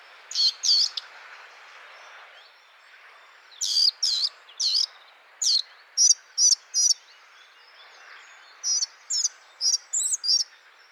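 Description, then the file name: Eurasian blackcap calls: sharp, high, clipped notes in loose bursts of three to six, separated by short silences, with faint background chatter. "Sylvia atricapilla"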